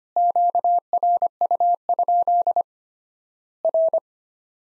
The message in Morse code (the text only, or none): QRU? R